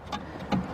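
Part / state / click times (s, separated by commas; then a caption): door latch rod pin into plastic clip / seated / 0.5 s. On a 2002 Jeep Grand Cherokee door, during window regulator and motor replacement, a door latch rod pin that had been removed because its fit was uncertain is pressed back into its plastic clip. Against a low background hum, a short, sharp snap is heard at 0.5 s. The pin seats in the clip.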